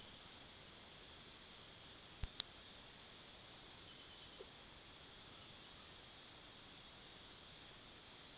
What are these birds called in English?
none